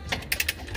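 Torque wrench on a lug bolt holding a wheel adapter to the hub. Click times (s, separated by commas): 0.3 s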